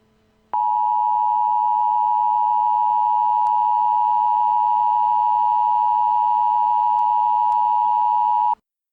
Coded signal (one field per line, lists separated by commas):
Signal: Emergency Alert System (SAME) tones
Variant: 853 and 960 Hz attention tone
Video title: Mini EAS Scenario: Tom loses his mind (A SHORT FUNNY EAS SCENARIO)